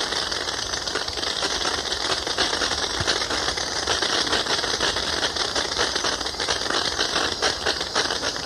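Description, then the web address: Oilbird screeching chorus, a dense harsh rasping wash of overlapping calls with faint rattling clicks throughout. Ecuador. "S America Birds of Ecuador. Oilbird"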